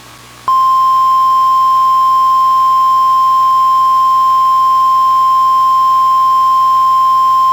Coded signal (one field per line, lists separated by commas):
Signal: Emergency Alert System (SAME) tones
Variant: 1050 Hz attention tone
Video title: EAS Mock: It's TOR time!